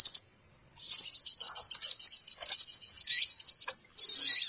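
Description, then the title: Birds chattering in a dense chorus of high, rapid chirps and twitters, with short trills and downslurred notes layered over one another throughout. Noisy bird lure sounds for attracting birds, said to draw many birds in soon after they start. "Baru Diputar Dah Banyak Merapat! Suara Pikat Burung Ribut"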